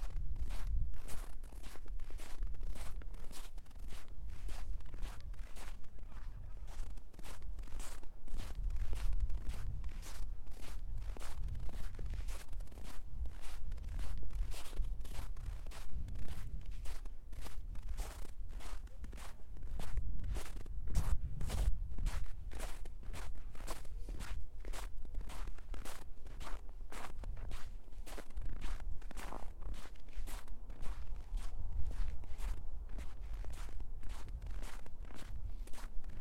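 Hard-soled shoes crunch through snow in a steady walking rhythm, roughly two crisp steps per second for the whole stretch. Each step is a sharp, bright crunch over a low, rumbling undertone, with a few heavier, deeper steps near the twenty-second mark.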